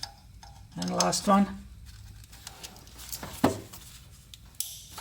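On a Toyota Tacoma 2TR-FE four-cylinder engine, the last ignition coil wiring connector is pushed onto its coil until its plastic tab clicks in, seating it at 4.6 s. Someone talks early in the clip, with small handling knocks in between, before the sharp, bright click and a brief hiss after it. The connector is confirmed seated and the click is called perfect.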